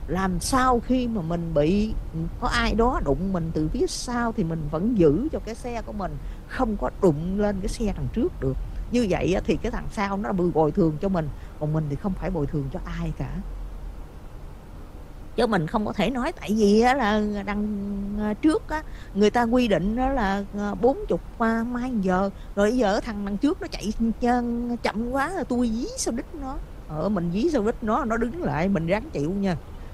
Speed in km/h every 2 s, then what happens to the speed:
61, 61, 63, 63, 63, 64, 66, 64, 64, 63, 63, 63, 63, 68, 72.
0-24 steady at about 63. 24-30 speeds up to 72.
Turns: none.